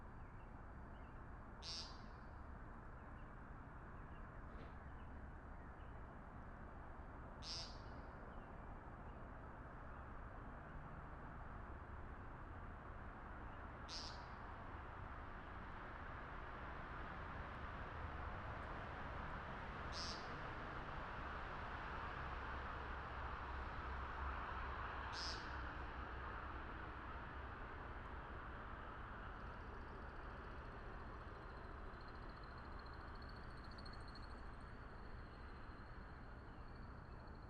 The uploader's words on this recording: Morning in Wakefield Rhode Island, Backyard. Recorded on MixPre 10ii with AKG C414 XLS Matched Pair.